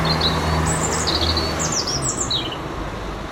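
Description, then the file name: European robin's high, fluting warbles and short trills heard over a steady low rumbling hum. "Erithacus rubecula"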